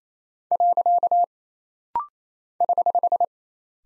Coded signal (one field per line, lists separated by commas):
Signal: Morse code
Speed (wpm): 28 wpm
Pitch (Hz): 700 Hz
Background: none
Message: . <HH>